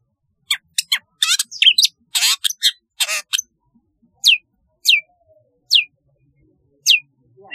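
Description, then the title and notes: Long-tailed shrike song opening with chirps and harsh buzzy rasps, followed by several spaced high downslurred whistles. "Kicau Burung Cendet"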